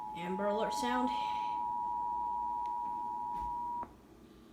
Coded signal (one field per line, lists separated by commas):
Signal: Emergency Alert System (SAME) tones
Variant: 853 and 960 Hz attention tone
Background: speech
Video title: WBAP EAS Child Abduction Emergency 2/24/20